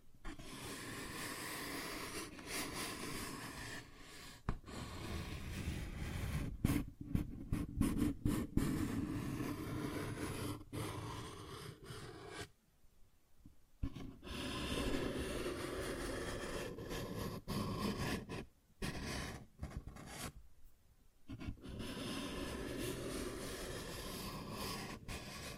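Paper bag being scratched and tapped, a dense, rough rustling that runs almost without pause. Brief sharp taps and crinkles break through, especially around the seventh to ninth seconds, and the sound drops out into near silence twice, near 13 and 21 seconds.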